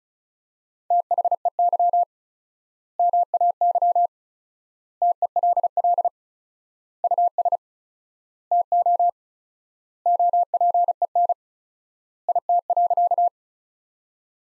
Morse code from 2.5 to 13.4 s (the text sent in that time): MAY TELL US TO OPEN IT.